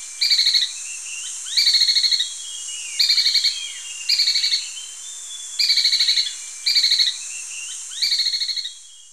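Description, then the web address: Spillmann's tapaculo song: several short, high, rapidly pulsed trilled phrases repeated at somewhat irregular intervals, over a steady high-pitched background hum. Recorded in Ecuador. "Birds of Ecuador Spillmann's Tapaculo"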